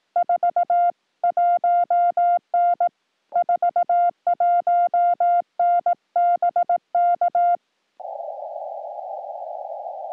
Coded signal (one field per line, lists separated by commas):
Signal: Morse code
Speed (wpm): 18 wpm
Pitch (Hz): 700 Hz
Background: music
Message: 41N 41N BK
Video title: 2. Save by North America DX This Day on CW POTA Activation